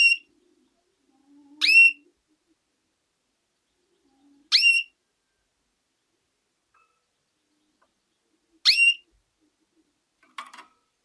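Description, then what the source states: Canary calls: upward-sweeping whistled notes at uneven intervals, the first cut off at the start, faint low hums before the next two, and a soft buzzy note at the end. Female.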